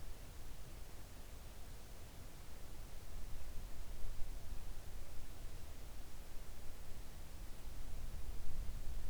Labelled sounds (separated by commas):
near silence